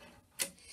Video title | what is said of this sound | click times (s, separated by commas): Multi-Needle Class [Part 3 of 3]- Machine Demo with Quilts and Lace | I move it a little bit I here look click so that will be the going there little clicks that | 0.4 s